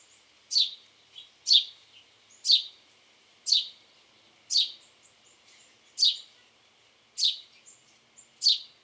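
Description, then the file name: House sparrow chirping, a single harsh chirp repeated about once a second, eight in all, with fainter short notes between them. "Passer domesticus"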